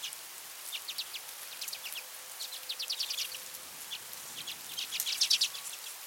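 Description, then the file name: Common redpoll giving rapid dry chattering calls in short trilled bursts, repeated throughout over a steady hiss. "Acanthis flammea - Common Redpoll"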